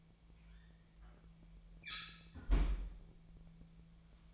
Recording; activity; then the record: daily activity, microphone in the room; close fridge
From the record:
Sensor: 1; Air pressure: 1009.7 hPa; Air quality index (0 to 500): 193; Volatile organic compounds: 19 ppm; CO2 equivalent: 2647 ppm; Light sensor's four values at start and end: 29/74/31/37 and 29/74/31/37